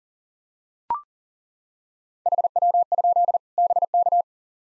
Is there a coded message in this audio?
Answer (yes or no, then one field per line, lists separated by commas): yes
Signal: Morse code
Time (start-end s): 2.3-4.2 s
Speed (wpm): 39 wpm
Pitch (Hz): 700 Hz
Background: none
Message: HW? BK